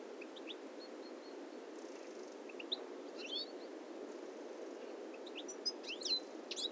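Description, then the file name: European goldfinch calls: scattered thin, high tweets and brief twittering bursts, busiest near the end, against constant low-pitched background rumble. "Carduelis carduelis"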